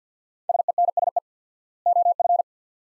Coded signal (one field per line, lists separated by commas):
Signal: Morse code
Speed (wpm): 50 wpm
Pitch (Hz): 700 Hz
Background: none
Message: SENSE OF